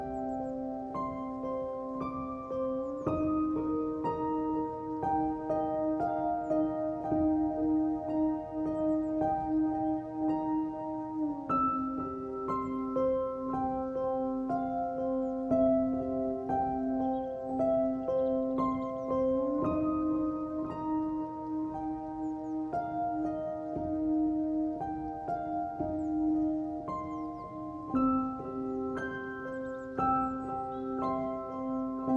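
Gentle music of long, ringing bell-like tones over a steady low hum, with the chord shifting smoothly about every eight seconds. Loudness stays even throughout, and faint, brief high chirps flicker lightly in the background.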